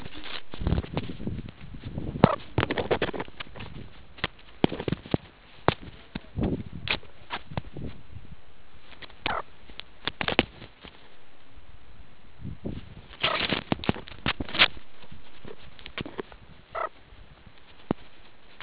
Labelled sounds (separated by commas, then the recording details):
meerkat close call
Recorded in the Kuruman River Reserve, South Africa
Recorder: an audio tag on a meerkat's collar